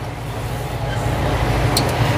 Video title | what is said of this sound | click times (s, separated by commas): 2015 NISSAN ROGUE A/C LINE LEAK #auto #mechanic | all right maybe for that to break although it still does clip in | 1.8 s